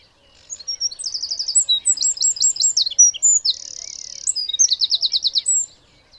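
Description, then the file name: Eurasian wren song, a loud, fast cascade of very high notes and trills, with a steady buzzy rattle in the middle, lasting about five seconds. "Troglodytes troglodytes"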